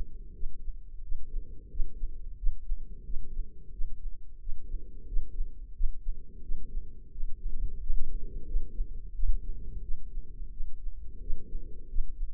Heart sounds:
heart sounds by microphone in the left ear; 88 bpm
0.34 s: heartbeat
1.02 s: heartbeat
1.70 s: heartbeat
2.37 s: heartbeat
3.04 s: heartbeat
3.72 s: heartbeat
4.39 s: heartbeat
5.07 s: heartbeat
5.74 s: heartbeat
6.42 s: heartbeat
7.11 s: heartbeat
7.80 s: heartbeat
8.46 s: heartbeat
9.14 s: heartbeat
9.82 s: heartbeat
10.51 s: heartbeat
11.21 s: heartbeat
11.89 s: heartbeat
From the record:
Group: healthy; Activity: rest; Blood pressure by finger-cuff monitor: 117/67 mmHg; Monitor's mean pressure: 82 mmHg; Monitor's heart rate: 88 bpm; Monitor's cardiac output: 6.8 L/min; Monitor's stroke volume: 77 mL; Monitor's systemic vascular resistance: 880 dyn s/cm5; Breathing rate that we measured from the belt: 18 breaths a minute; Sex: female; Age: 43 years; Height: 160 cm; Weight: 90 kg

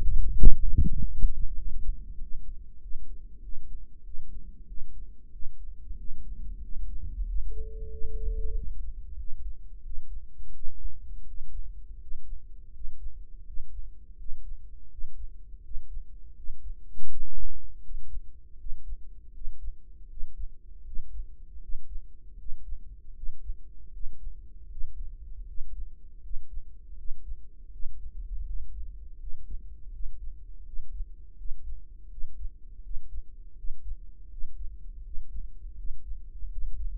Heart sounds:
heart sounds by microphone in the right ear; 85 bpm
0.36 s: heartbeat
0.99 s: heartbeat
1.60 s: heartbeat
2.21 s: heartbeat
2.82 s: heartbeat
3.43 s: heartbeat
4.05 s: heartbeat
4.68 s: heartbeat
5.33 s: heartbeat
5.98 s: heartbeat
6.63 s: heartbeat
7.27 s: heartbeat
7.92 s: heartbeat
8.55 s: heartbeat
9.18 s: heartbeat
9.84 s: heartbeat
10.54 s: heartbeat
11.27 s: heartbeat
12.01 s: heartbeat
12.74 s: heartbeat
13.46 s: heartbeat
14.18 s: heartbeat
14.91 s: heartbeat
15.63 s: heartbeat
16.36 s: heartbeat
17.09 s: heartbeat
17.83 s: heartbeat
18.59 s: heartbeat
19.34 s: heartbeat
20.09 s: heartbeat
20.85 s: heartbeat
21.62 s: heartbeat
22.39 s: heartbeat
23.16 s: heartbeat
23.93 s: heartbeat
24.70 s: heartbeat
25.48 s: heartbeat
26.23 s: heartbeat
26.98 s: heartbeat
27.72 s: heartbeat
28.46 s: heartbeat
29.20 s: heartbeat
29.93 s: heartbeat
30.66 s: heartbeat
31.38 s: heartbeat
32.11 s: heartbeat
32.83 s: heartbeat
33.57 s: heartbeat
34.31 s: heartbeat
35.04 s: heartbeat
35.77 s: heartbeat
36.51 s: heartbeat
From the record:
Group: healthy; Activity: rest 0-6 s, breath hold 6-36 s, rest 36-37 s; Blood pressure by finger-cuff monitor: 149/93 mmHg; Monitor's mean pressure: 109 mmHg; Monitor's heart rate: 82 bpm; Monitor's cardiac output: 6.4 L/min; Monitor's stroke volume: 79 mL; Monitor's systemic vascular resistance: 1250 dyn s/cm5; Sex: male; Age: 21 years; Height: 175 cm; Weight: 72.6 kg

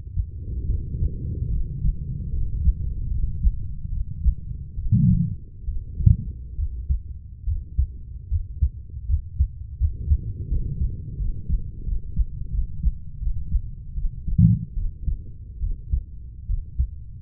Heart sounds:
heart sounds by stethoscope; 76 bpm
0.67 s: heartbeat
1.50 s: heartbeat
2.30 s: heartbeat
3.08 s: heartbeat
3.90 s: heartbeat
4.75 s: heartbeat
5.66 s: heartbeat
6.56 s: heartbeat
7.45 s: heartbeat
8.29 s: heartbeat
9.07 s: heartbeat
9.78 s: heartbeat
10.49 s: heartbeat
11.18 s: heartbeat
11.84 s: heartbeat
12.51 s: heartbeat
13.19 s: heartbeat
13.95 s: heartbeat
14.75 s: heartbeat
15.60 s: heartbeat
16.47 s: heartbeat
From the record:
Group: healthy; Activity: rest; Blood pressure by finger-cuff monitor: 147/53 mmHg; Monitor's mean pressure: 83 mmHg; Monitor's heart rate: 74 bpm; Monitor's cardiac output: 11.6 L/min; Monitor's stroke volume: 156 mL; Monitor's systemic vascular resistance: 560 dyn s/cm5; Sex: female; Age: 32 years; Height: 168 cm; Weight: 61.9 kg

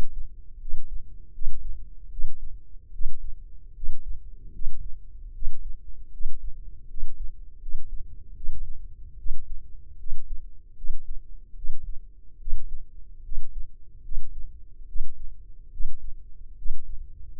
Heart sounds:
heart sounds by microphone in the left ear; 75 bpm
0.58 s: heartbeat
1.32 s: heartbeat
2.09 s: heartbeat
2.91 s: heartbeat
3.73 s: heartbeat
4.51 s: heartbeat
5.32 s: heartbeat
6.10 s: heartbeat
6.87 s: heartbeat
7.59 s: heartbeat
8.34 s: heartbeat
9.16 s: heartbeat
9.97 s: heartbeat
10.75 s: heartbeat
11.54 s: heartbeat
12.38 s: heartbeat
13.22 s: heartbeat
14.02 s: heartbeat
14.86 s: heartbeat
15.70 s: heartbeat
16.56 s: heartbeat
17.38 s: heartbeat
From the record:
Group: healthy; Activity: rest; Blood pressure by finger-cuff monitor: 130/80 mmHg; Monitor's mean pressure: 96 mmHg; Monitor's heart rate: 76 bpm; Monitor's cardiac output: 6.2 L/min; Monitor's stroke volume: 82 mL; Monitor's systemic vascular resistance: 1120 dyn s/cm5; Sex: male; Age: 21 years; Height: 180 cm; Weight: 67.5 kg

